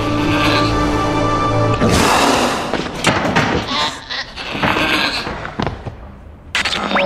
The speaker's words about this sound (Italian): In pochi secondi calò il silenzio, rotto solo dai belati della capra e dal rumore dei suoi zoccoli.